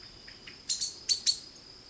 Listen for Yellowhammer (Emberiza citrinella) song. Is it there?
no